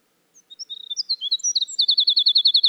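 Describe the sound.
Winter wren song opening with thin high notes and quick warbles, leading into a fast, evenly repeated trill that continues to the end.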